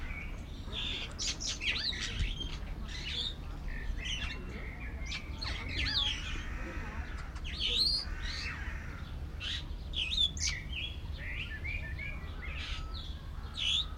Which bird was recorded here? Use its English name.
Superb Starling